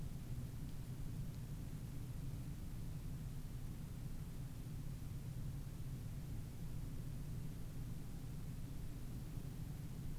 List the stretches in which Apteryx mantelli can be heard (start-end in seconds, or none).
none